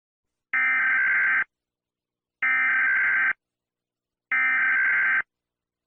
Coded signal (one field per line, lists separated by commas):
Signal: Emergency Alert System (SAME) tones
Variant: header bursts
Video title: Rating Countries’ EAS Alarms #shorts #trending #youtube #countries #alarm #volumewarning #fyp